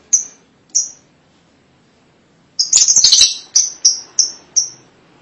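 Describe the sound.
Lovebird chirps: two sharp high notes, a quiet pause, then a shrill chattering burst and a row of evenly spaced piercing chirps.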